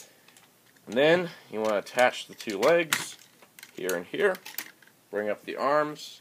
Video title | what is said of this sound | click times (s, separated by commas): Soundout Review - Mighty Morphin Power Rangers - Legacy Dragonzord | come around here there's a little tab that will come out it will click into place into the little hole on the back of the megazord | 0.3 s, 0.4 s